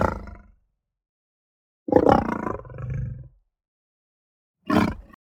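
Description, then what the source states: Lion growling in three short rough bursts, a brief one, a longer rumbling growl with a deep tail, then a final quick snarl, separated by silence. Playful behaviour; the lion roars, growls and snarls.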